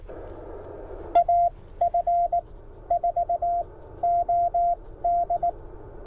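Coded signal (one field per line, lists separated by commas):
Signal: Morse code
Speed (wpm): 18 wpm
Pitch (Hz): 690 Hz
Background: none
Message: AF4OD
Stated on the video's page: CW parks activation with short contacts, using an Elecraft KX1 and Penntek TR45L.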